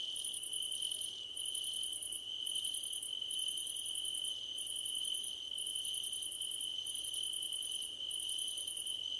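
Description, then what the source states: Cricket song of fast, high pulsed trills repeated roughly every second, layered over a constant shrill continuous hum. Crickets at night under a starlit sky; nighttime ambience.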